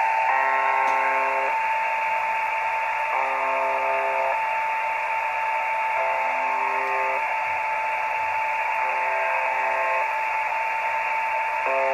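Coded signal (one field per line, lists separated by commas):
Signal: channel marker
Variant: UVB-76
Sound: repeating harsh one-second buzzes about every three seconds, five or six in all, over hiss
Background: radio static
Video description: Nadaje na częstotliwości 4625 kHz. W Polsce UVB-76 jest dobrze słyszalny po zachodzie słońca. Potoczna nazwa tej stacji to "brzęczyk" (ang. buzzer)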